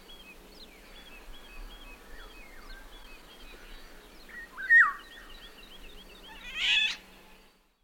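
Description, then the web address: Eurasian golden oriole giving one loud, brief descending fluty whistle, followed by a harsh burst, over a steady background chorus of small songbirds. "иволга"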